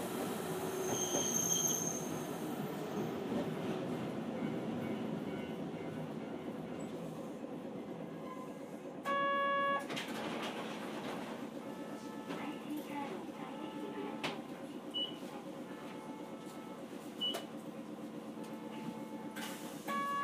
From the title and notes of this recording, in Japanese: 阪堺電車、「庶民の足」の走行音。時には住宅街を駆け抜け、時には併用軌道区間を走る小さな電車です。小さいとはいえ、その重厚な走行音は何とも印象に残ります。この音源は2019年2月、大阪で講演をした際、時間をひねり出して録音してきたデータです。